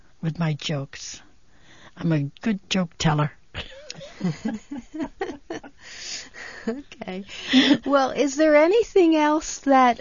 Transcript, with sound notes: With my jokes. I'm a good joke teller. (they laugh)
Okay. Well, is there anything else that